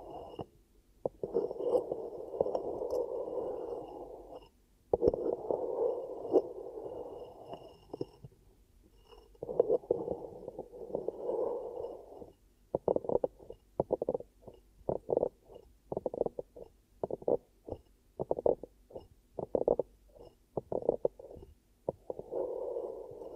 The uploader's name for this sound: ASMR 10 Ear Cupping Triggers